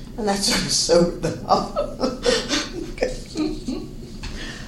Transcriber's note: laughs